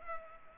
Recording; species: mosquito wingbeat signal from an infrared sensor; Culex pipiens